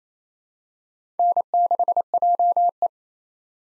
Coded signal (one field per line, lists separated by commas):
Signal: Morse code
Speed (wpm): 28 wpm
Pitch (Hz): 700 Hz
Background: none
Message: N6JE